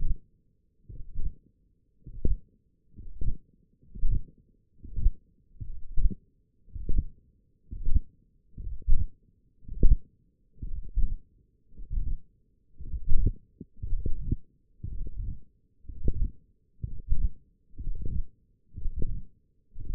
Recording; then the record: forearm muscle sounds (acoustic myography)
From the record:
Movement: hook grip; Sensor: system 1, eight BSWA MPA416 microphones around the upper forearm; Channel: 3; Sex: male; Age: 42 years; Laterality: right